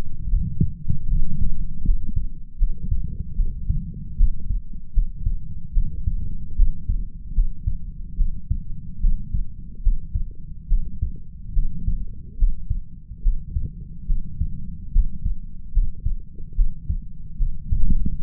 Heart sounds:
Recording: heart sounds by stethoscope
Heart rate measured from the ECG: 74 bpm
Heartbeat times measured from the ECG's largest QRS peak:
0.28 s: heartbeat
1.07 s: heartbeat
1.83 s: heartbeat
2.57 s: heartbeat
3.35 s: heartbeat
4.15 s: heartbeat
4.92 s: heartbeat
5.72 s: heartbeat
6.54 s: heartbeat
7.33 s: heartbeat
8.15 s: heartbeat
8.99 s: heartbeat
9.81 s: heartbeat
10.67 s: heartbeat
11.52 s: heartbeat
12.36 s: heartbeat
13.21 s: heartbeat
14.05 s: heartbeat
14.91 s: heartbeat
15.71 s: heartbeat
16.54 s: heartbeat
17.36 s: heartbeat
18.21 s: heartbeat
From the record:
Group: healthy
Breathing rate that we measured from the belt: 23 breaths a minute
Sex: female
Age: 26 years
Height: 165 cm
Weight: 55 kg

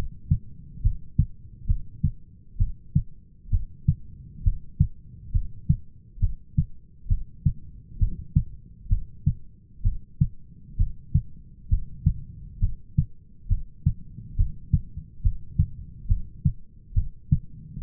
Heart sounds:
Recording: heart sounds by stethoscope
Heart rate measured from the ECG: 67 bpm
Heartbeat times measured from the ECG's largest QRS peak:
0.84 s: heartbeat
1.68 s: heartbeat
2.59 s: heartbeat
3.52 s: heartbeat
4.45 s: heartbeat
5.34 s: heartbeat
6.21 s: heartbeat
7.09 s: heartbeat
8.00 s: heartbeat
8.90 s: heartbeat
9.84 s: heartbeat
10.78 s: heartbeat
11.70 s: heartbeat
12.62 s: heartbeat
13.50 s: heartbeat
14.38 s: heartbeat
15.24 s: heartbeat
16.09 s: heartbeat
16.96 s: heartbeat
17.82 s: heartbeat
From the record:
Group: heart failure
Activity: rest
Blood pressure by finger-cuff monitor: 132/93 mmHg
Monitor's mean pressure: 106 mmHg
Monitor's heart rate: 67 bpm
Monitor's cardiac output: 6.1 L/min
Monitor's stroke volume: 92 mL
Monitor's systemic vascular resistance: 1290 dyn s/cm5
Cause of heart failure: idiopathic cardiomyopathy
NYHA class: 1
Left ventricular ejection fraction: 50%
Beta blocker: bisoprolol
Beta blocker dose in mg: 5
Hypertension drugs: candesartan, spironolactone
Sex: male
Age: 54 years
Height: 180 cm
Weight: 94.6 kg

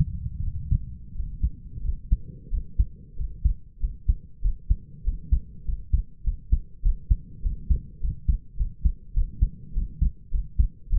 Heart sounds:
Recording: heart sounds by stethoscope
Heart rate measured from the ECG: 97 bpm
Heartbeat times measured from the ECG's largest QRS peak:
0.41 s: heartbeat
1.13 s: heartbeat
1.82 s: heartbeat
2.50 s: heartbeat
3.16 s: heartbeat
3.79 s: heartbeat
4.41 s: heartbeat
5.03 s: heartbeat
5.64 s: heartbeat
6.23 s: heartbeat
6.82 s: heartbeat
7.42 s: heartbeat
8.00 s: heartbeat
8.56 s: heartbeat
9.13 s: heartbeat
9.73 s: heartbeat
10.31 s: heartbeat
10.89 s: heartbeat
From the record:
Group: healthy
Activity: rest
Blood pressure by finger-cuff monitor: 93/61 mmHg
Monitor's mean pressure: 73 mmHg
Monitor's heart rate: 100 bpm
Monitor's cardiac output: 6.4 L/min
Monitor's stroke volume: 63 mL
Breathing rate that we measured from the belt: 27 breaths a minute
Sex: male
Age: 22 years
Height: 181 cm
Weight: 60 kg

